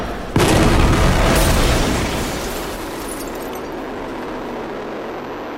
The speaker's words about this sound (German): Die schwere Explosion gestern Nachmittag in einem Einkaufszentrum in Oberhausen. Noch ist nicht klar, ob es sich um einen versuchten Anschlag handelt.